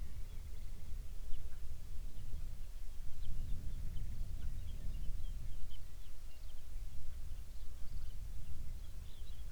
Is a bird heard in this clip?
yes